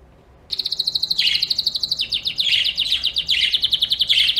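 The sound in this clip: Bird song starting after a brief silence: a continuous high rapid trill with lower buzzy bursts repeated through it.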